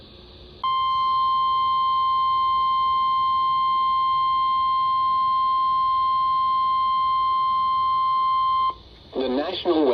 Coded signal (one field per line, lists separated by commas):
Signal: Emergency Alert System (SAME) tones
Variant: 1050 Hz attention tone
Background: speech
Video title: Marginals for Days || EAS Alerts from Sept. 7-9, 2023 || EAS 947-980